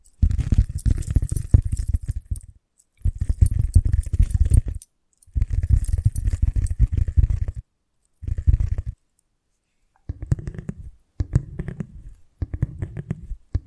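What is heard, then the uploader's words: Invisible tapping, scratching and tracing come in dense bursts of quick, crackly taps, with a low thudding weight under them and clean silences between. The first bursts last two to three seconds; after ten seconds shorter stretches turn lighter, with sliding, tracing strokes. ASMR Magic Trigger Potion Shop Invisible Tapping, Scratching, Tracing (No Talking).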